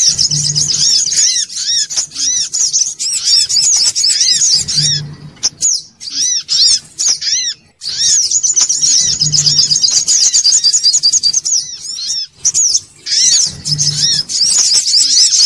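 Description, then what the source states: Brown-throated sunbird song in several long bursts of high, hurried chattering and sweet chirps separated by short pauses, with a soft low hum at intervals. Bird-training (masteran) recording.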